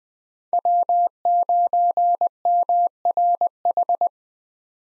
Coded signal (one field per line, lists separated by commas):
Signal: Morse code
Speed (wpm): 21 wpm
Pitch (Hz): 700 Hz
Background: none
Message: W9MRH